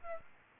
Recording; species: mosquito wingbeat signal from an infrared sensor; Aedes aegypti